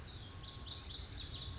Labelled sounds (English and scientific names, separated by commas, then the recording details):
Pacific Wren (Troglodytes pacificus)
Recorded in Sonoma County, California